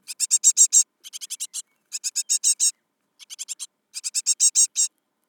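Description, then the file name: Great tit churr, loud grating rattles of five to eight rapid rasping notes, given in five quick bursts with brief gaps, on a silent background. "Parus major"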